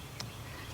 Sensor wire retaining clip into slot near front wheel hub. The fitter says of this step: just slide it into the slot and then snaps